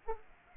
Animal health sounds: mosquito wingbeat signal from an infrared sensor; Culex pipiens

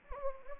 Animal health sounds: mosquito wingbeat signal from an infrared sensor; Anopheles gambiae

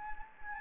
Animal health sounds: mosquito wingbeat signal from an infrared sensor; Anopheles gambiae

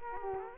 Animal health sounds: mosquito wingbeat signal from an infrared sensor; Culex quinquefasciatus

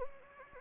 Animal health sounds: mosquito wingbeat signal from an infrared sensor; Anopheles gambiae

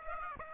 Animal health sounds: mosquito wingbeat signal from an infrared sensor; Aedes aegypti

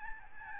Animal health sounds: mosquito wingbeat signal from an infrared sensor; Aedes albopictus

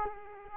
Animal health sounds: mosquito wingbeat signal from an infrared sensor; Culex quinquefasciatus

